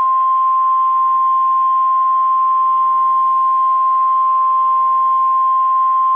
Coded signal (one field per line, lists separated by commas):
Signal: Emergency Alert System (SAME) tones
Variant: 1050 Hz attention tone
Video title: EAS Scenario - 5th Year Anniversary Scenario